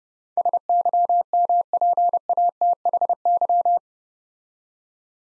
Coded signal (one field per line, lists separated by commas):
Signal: Morse code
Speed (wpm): 30 wpm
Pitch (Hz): 700 Hz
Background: none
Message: SYMPATHY